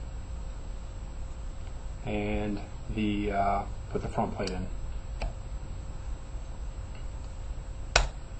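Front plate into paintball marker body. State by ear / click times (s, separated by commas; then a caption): seated / 8.0 s. A front plate is fitted back into the body of a WDP Angel A1 paintball marker while someone talks. A sharp, loud snap at 8.0 s is the plate seating into place.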